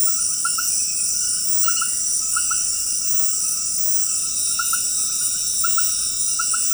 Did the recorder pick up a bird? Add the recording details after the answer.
no. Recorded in dense forest near Puerto Asís, Putumayo, Colombia, on 21 February 2024 at 23:00. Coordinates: 0.484, -76.317. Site G6464